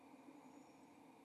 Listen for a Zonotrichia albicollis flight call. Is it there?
no